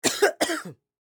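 Two short, harsh cough bursts in quick succession, each with a sharp onset and a brief voiced tail, lasting under a second in total. An acted adult male cough sound effect, filed among sick sound effects.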